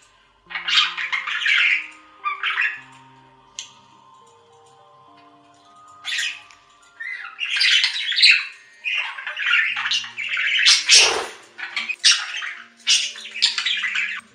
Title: Budgie Sounds